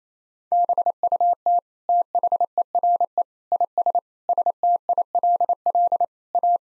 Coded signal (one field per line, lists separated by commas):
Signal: Morse code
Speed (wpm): 28 wpm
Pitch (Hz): 700 Hz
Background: none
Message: BUT THERE IS STILL A